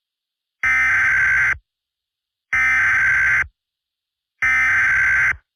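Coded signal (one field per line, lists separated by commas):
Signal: Emergency Alert System (SAME) tones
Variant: header bursts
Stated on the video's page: Fictional alert scenario.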